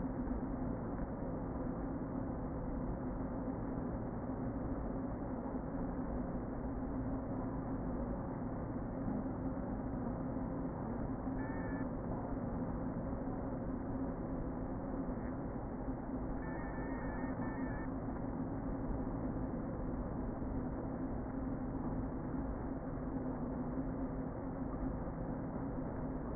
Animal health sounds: honeybee colony, microphone inside the hive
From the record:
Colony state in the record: queen present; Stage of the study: before two queens were removed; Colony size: about 60,000 bees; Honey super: yes

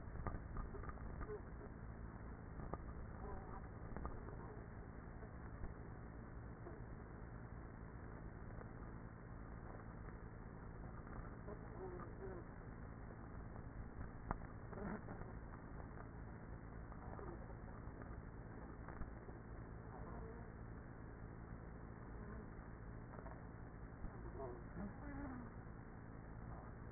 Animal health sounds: honeybee colony, microphone inside the hive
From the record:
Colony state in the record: queenless with a low population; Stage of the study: after two queens were removed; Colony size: about 30,000 bees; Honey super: no

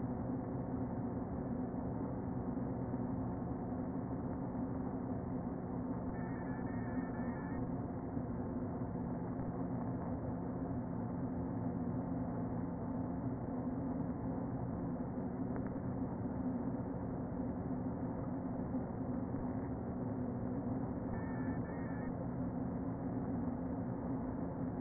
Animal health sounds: honeybee colony, microphone inside the hive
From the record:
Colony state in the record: queen present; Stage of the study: before two queens were removed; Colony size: about 60,000 bees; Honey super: yes

